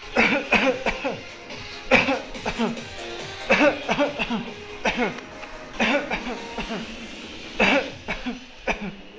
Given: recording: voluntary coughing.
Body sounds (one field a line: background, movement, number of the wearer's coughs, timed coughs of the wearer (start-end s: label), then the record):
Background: music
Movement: walking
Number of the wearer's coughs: 15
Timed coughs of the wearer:
0.14-0.49 s: cough
0.49-0.83 s: cough
0.83-1.24 s: cough
1.89-2.25 s: cough
2.45-2.77 s: cough
3.47-3.85 s: cough
3.86-4.13 s: cough
4.19-4.48 s: cough
4.83-5.16 s: cough
5.77-6.09 s: cough
6.08-6.50 s: cough
6.50-6.85 s: cough
7.57-8.01 s: cough
8.01-8.45 s: cough
8.65-9.08 s: cough
From the record:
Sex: male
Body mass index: 20.6 kg/m2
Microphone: on the chest, facing the body